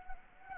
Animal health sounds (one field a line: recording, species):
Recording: mosquito wingbeat signal from an infrared sensor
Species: Anopheles gambiae